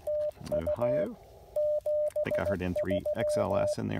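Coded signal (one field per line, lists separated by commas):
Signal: Morse code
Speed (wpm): 17 wpm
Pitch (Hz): 600 Hz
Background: speech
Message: TU 73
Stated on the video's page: Parks on the Air activation using an Icom IC-705 and CHA MPAS 2.0 antenna.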